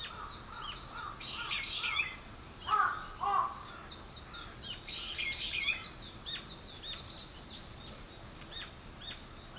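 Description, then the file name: Birds calling: lively high chirps and twitters, with two loud, harsh caws standing out early on. "wild bird"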